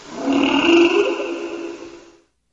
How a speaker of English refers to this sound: put that creaking spa sound in the middle of the LeBron interview.